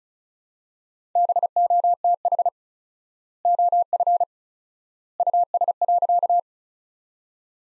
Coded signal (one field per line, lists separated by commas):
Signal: Morse code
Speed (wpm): 36 wpm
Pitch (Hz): 700 Hz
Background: none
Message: BOTH OF US.